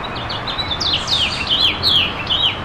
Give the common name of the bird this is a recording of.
House Finch